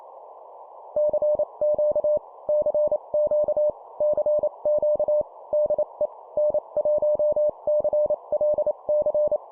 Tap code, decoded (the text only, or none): none